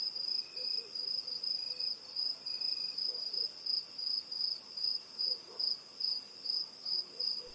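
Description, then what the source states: Crickets keep up a piercing, rhythmically throbbing trill at about two and a half pulses a second, with quieter lower chirps now and then. Intense crickets at night in a rural area, USA.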